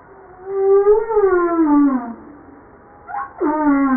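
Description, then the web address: Humpback whale song: a long harmonic moan falling gradually in pitch, then a short rising note and another descending moan. Recorded 5 March 1994. "JASA 2013 Blue Bowhead Fin Humpback Southern Right Whale humpback"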